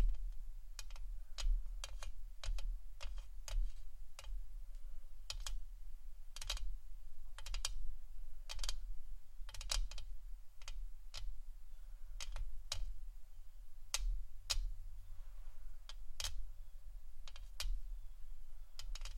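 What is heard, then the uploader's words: Sharp, bright tapping on a camera and face comes in irregular bursts of quick clicks throughout, over a steady low rumble. ASMR FACE TAPPING Camera Tapping （No Talking）.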